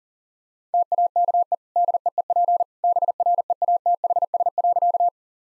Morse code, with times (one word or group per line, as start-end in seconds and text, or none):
0.7-1.5 TAKE
1.8-2.6 DEEP
2.8-5.1 BREATHS.